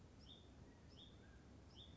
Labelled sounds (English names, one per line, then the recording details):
Hutton's Vireo
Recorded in Sonoma County, California